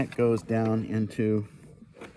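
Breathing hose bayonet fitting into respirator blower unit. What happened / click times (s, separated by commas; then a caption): Handled, not yet home: no seating click yet / none. Someone talks while the bayonet fitting of a breathing hose is handled at the respirator blower unit, about to be pushed down into it and twisted to lock. Only faint, quiet handling noise follows the speech. Nothing has seated or clicked yet.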